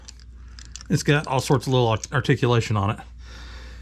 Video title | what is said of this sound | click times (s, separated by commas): Extreme Budget Build - Harvey Dent Part 5 - wakes up! | pretty much a straight shot but if you just pull it out just a little bit a little click now | 0.6 s, 0.8 s